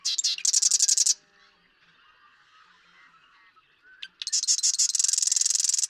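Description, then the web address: Marsh Wren giving a short rattling trill, a pause with soft chips, then a longer, rapid, buzzy mechanical rattle to the end. "birdsongforthecurious songs Marsh Wren"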